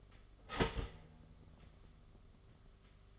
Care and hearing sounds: daily activity, microphone in the room; start toaster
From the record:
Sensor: 4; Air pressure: 1015.5 hPa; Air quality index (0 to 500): 200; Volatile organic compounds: 10 ppm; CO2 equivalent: 2234 ppm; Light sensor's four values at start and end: 4/9/3/3 and 4/8/3/3

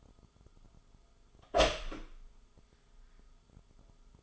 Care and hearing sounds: daily activity, microphone in the room; open door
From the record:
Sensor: 5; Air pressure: 1004.9 hPa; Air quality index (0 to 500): 104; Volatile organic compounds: 2 ppm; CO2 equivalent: 1273 ppm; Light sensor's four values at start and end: 35/82/33/32 and 35/82/33/32

